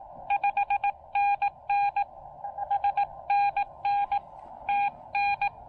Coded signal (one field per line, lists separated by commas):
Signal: Morse code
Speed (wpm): 18 wpm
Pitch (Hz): 810 Hz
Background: none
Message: 5NN SNN TN